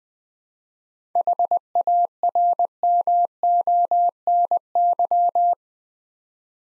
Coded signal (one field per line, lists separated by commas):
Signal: Morse code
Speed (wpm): 20 wpm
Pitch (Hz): 700 Hz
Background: none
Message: HARMONY